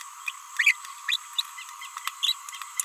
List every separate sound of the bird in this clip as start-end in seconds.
0.28-0.30, 0.59-0.78, 1.09-1.16, 1.38-1.42, 2.23-2.32